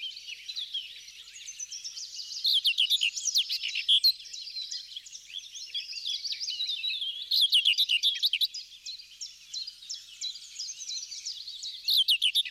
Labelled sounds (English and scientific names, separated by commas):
Common Whitethroat (Sylvia communis) song